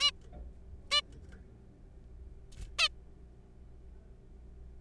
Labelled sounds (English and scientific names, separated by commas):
Zebra Finch (Taeniopygia guttata)